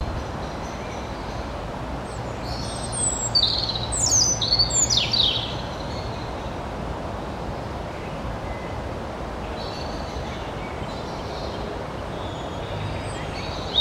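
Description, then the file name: European robin song, one burst of high, thin twittering notes partway through, then mostly quiet apart from faint high notes and constant background hiss. "Erithacus rubecula"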